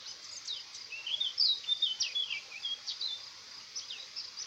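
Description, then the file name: Eurasian blackcap warbling song, a fast run of varied chirps and short twittering phrases over a steady high hiss. "Sylvia atricapilla"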